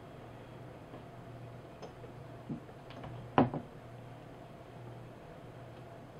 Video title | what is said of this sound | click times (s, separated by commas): Airforce Texan Shroud Install (Suppressor) | right there so once you hear it click it'll drop and it will align nicely with the other threads | 3.4 s